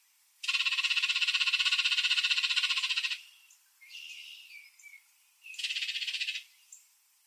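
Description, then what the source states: Bird giving a loud, fast, even buzzing rattle for nearly three seconds, a softer chattering interlude, then a second shorter rattle. Arizona.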